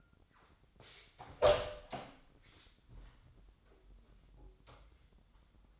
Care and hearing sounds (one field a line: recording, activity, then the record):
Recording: daily activity, microphone in the room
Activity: open door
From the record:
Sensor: 3